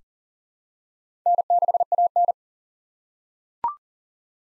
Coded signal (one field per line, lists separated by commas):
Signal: Morse code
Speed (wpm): 40 wpm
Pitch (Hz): 700 Hz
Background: none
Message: N6AN